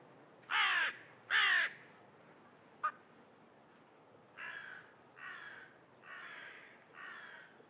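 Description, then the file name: Carrion crow giving harsh caws: two loud ones close together, a brief click, then four softer caws. "Corvus corone"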